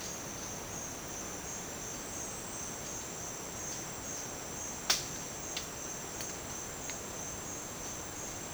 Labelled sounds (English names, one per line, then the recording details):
none
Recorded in dense forest near Puerto Asís, Putumayo, Colombia, on 27 June 2025 at 10:00
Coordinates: 0.484, -76.317
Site G045